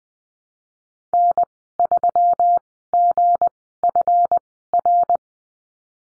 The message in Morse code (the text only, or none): N3GFR